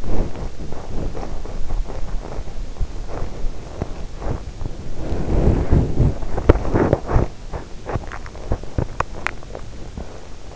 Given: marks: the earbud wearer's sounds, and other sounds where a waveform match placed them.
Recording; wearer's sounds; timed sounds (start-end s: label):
sounds in sleep by an in-ear microphone; body movement, swallowing, teeth grinding
0.00-8.07 s: body movement
8.07-9.23 s: swallowing
9.23-10.56 s: teeth grinding